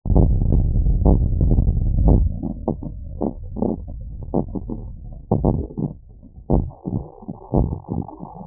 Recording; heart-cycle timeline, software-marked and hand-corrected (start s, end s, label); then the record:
heart sounds
0.00	0.10	diastole
0.10	0.28	S1
0.28	0.44	systole
0.44	0.56	S2
0.56	1.00	diastole
1.00	1.18	S1
1.18	1.40	systole
1.40	1.54	S2
1.54	2.02	diastole
2.02	2.20	S1
2.20	2.44	systole
2.44	2.56	S2
2.56	3.20	diastole
3.20	3.34	S1
3.34	3.60	systole
3.60	3.72	S2
3.72	4.34	diastole
4.34	4.46	S1
4.46	4.70	systole
4.70	4.80	S2
4.80	5.40	diastole
5.40	5.56	S1
5.56	5.80	systole
5.80	5.92	S2
5.92	6.52	diastole
6.52	6.66	S1
6.66	6.88	systole
6.88	7.00	S2
7.00	7.54	diastole
7.54	7.68	S1
7.68	7.92	systole
7.92	8.04	S2
8.04	8.47	diastole
From the record:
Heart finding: normal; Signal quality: good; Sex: male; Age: 26 years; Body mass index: 23